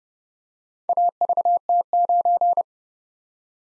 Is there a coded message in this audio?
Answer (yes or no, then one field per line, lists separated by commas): yes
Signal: Morse code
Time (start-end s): 0.9-2.6 s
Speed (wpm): 28 wpm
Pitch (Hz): 700 Hz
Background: none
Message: AVT9